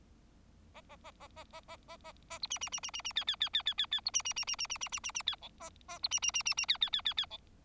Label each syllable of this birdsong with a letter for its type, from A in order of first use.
A A A A A A A A A A B C C C C C C D D D D D D D B C C C C C C C C C C D E A A B C C C C C D D D D D E